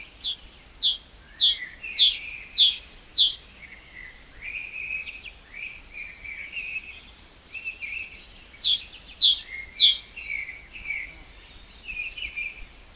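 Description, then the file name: Great tit song: a long run of rapid repeated two-note phrases over softer lower twittering, then after several seconds another brisk series of the same phrases. "Parus major"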